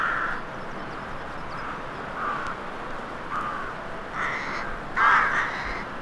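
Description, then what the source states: Crow giving harsh, hoarse caws spaced a second or so apart, building to a louder, rougher caw near the end against a constant hiss. Crows in a graveyard atmosphere; horror soundscape.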